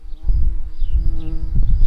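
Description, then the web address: Garden bumblebee buzz, a low droning hum with stacked harmonic tones, swelling and fading unevenly with a few brief louder pulses across two seconds. Worker bumblebees. "bumblebees Hortorum-workers"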